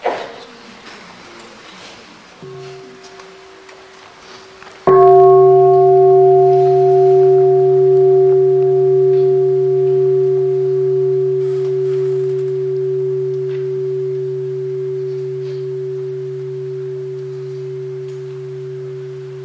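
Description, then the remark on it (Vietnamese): A meditation bell is struck once, its deep, rich tone blooming suddenly and ringing on steadily for many seconds as it slowly fades, preceded by a faint, quieter hum. “Thỉnh chuông đi.”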